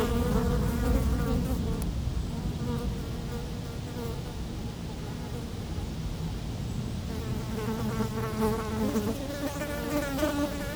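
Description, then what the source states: Fly: buzzing flies fade in and out, a thin drone early, quieter stretch, then several buzzes returning with shifting pitch, all over steady low wind noise. Flies feeding on dung, close-up; Chemin de Lombardil, Fenouillet, France, near Blagnac airport; windy day; recorded with Sennheiser MKH8040 ORTF pair and SD MixPre6.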